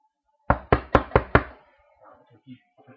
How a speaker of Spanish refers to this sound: Vamos a llamar a la puerta, a ver si nos abren.